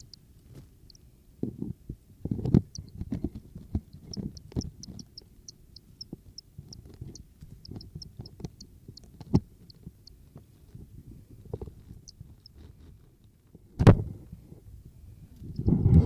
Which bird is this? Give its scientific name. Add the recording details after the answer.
Phylloscopus bonelli. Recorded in captivity. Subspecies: bonelli. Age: juvenile. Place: Zoologisches Institut Universität Tübingen, Baden-Württemberg, DE. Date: 1972-06-12 19:30. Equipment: Nagra III PH, Kugelmikrophon (wahrs. MD 211 ). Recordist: Füger